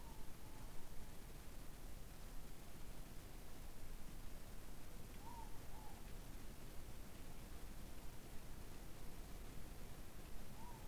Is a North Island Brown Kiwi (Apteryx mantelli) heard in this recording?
no